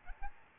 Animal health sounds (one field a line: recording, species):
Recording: mosquito wingbeat signal from an infrared sensor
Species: Aedes albopictus